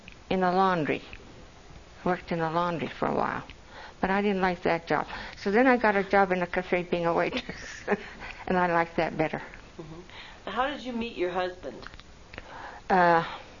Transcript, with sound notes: in the laundry - worked in the laundry for a while. But I didn't like that job so then I got a job in a cafe being a waitress. (laughs) And I liked that better.
And how did you meet your husband?
Uh